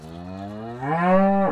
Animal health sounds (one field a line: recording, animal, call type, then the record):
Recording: contact call of a hoofed animal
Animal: cattle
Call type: low-frequency (closed-mouth) or high-frequency (open-mouth) call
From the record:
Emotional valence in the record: negative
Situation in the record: full separation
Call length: 1.51 s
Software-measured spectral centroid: 1040 Hz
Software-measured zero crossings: 1220 a second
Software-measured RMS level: -22 dBFS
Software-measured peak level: -7 dBFS